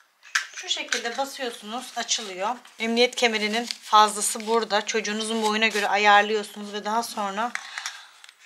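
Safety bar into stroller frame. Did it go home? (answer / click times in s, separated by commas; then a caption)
yes / 0.4 s. The safety (bumper) bar of a Cybex Libelle stroller is pressed onto the stroller frame and snaps in with a sharp, loud click at 0.4 s, and its locks are engaged. Someone then talks for most of the clip, and a few faint clicks or taps come near the end.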